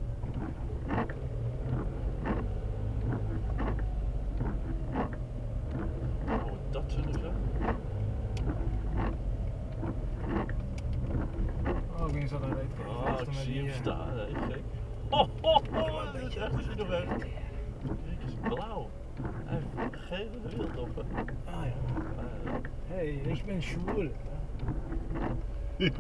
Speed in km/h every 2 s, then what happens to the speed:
15, 14, 15, 17, 15, 10, 9, 10, 5, 0, 1, 4, 4.
0-7 steady at about 15. 7-10 slows to 10. 10-15 steady at about 10. 15-17 brakes to 0. 17-21 standing.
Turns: 6-11.